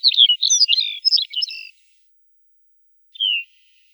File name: Podorozhnik laplandskij